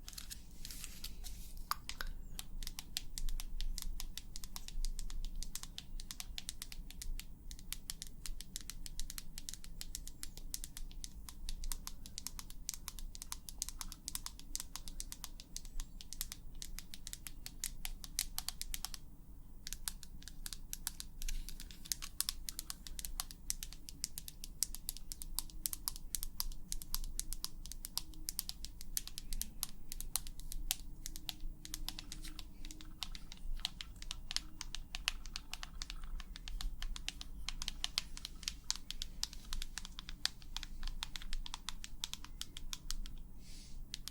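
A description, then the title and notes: Fingernails tap in quick, dense clusters almost without pause, sharp clicky strikes much like typing on a keyboard. The pace stays busy and steady throughout, with a brief lull near nineteen seconds. A low, soft hum sits underneath. ASMR 100% Tapping for the BEST Sleep & Tingles long nails, no talking.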